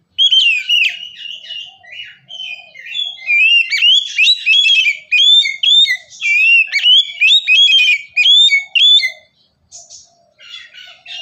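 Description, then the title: Oriental magpie-robin singing a long, rich run of whistled, chattering phrases, quickly changing notes with brief gaps, ending in softer scratchy notes. "kacer"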